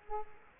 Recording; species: mosquito wingbeat signal from an infrared sensor; Culex quinquefasciatus